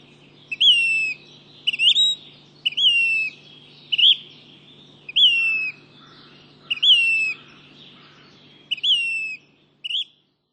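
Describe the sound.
Say's phoebe calling repeatedly, a mix of downslurred whistles and short rising two-note phrases about once a second, with a few fainter lower notes from another bird midway.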